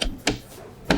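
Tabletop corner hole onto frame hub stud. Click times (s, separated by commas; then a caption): 0.3 s. The last corner hole of a Helinox Cafe Table's fabric-and-plastic camp tabletop is pressed down over the nylon hub stud on the aluminium frame leg. Short clicky taps are heard at 0.0 s and 0.9 s, and the corner pops into place with a sharp click at 0.3 s, seating the tabletop.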